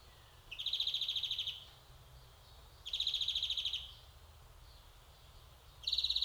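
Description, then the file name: European greenfinch giving rapid, ringing trills about a second long, three bursts spaced roughly two and a half seconds apart, over a low steady background hum. "Chloris chloris"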